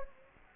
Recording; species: mosquito wingbeat signal from an infrared sensor; Anopheles gambiae